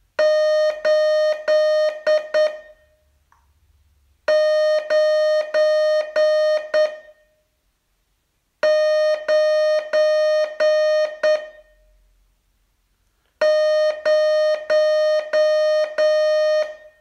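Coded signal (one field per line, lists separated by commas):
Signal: Morse code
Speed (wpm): 9 wpm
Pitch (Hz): 610 Hz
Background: none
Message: 8 9 9 0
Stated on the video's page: Morse training lesson, day 37 of a 42-day course.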